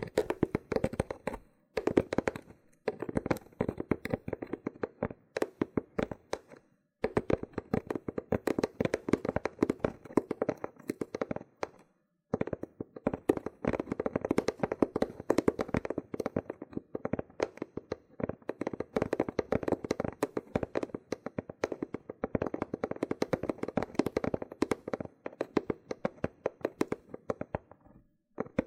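A loofah is peeled, rubbed and popped in dense, fast bursts of crackling and scratching, packed with sharp clicks. The sound runs almost nonstop, thick in the low-middle range, with brief silent breaks near 2, 7 and 12 seconds.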